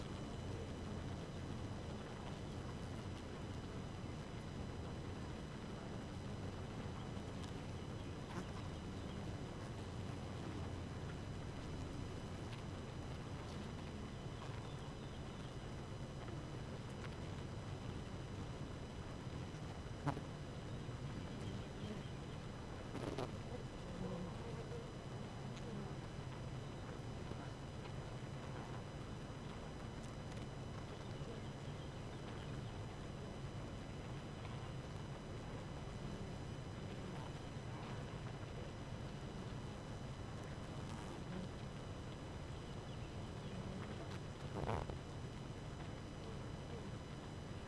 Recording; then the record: honeybee colony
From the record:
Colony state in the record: active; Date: 12 June 2018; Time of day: 4:00